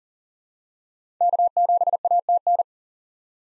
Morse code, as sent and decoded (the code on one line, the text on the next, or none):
-.- --... .- - -.
K7ATN